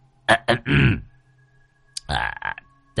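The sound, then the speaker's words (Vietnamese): A man inside an outhouse behind a rickety, unlatched door clears his throat in a few short, gruff bursts, then a pause before another raspy rumble and a brief gravelly sound. “Ông Thầy Long sợ người ta đẩy cái cửa sập sệ không chốt đi vào, ông hắng giọng.”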